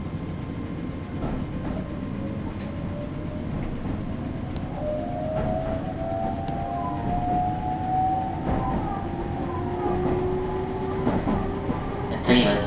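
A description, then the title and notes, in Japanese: A train ride with a steady low rumble and a clickety-clack of rail joints knocking every second or two. From about five seconds, a thin rising whine slowly climbs in pitch over the rolling noise, and a sharper hiss flares up right at the end. ガタンゴトンの旅 名古屋鉄道 阿久比→内海 普通。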